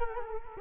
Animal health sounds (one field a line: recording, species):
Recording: mosquito wingbeat signal from an infrared sensor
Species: Culex quinquefasciatus